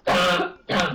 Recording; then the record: coughing mixed with background sound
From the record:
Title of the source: Barking cough - # 10